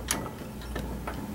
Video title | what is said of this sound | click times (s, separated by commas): Consew 206RB 5 Maintenance Video Part 2 | around until this this ball snaps back into place right | 0.1 s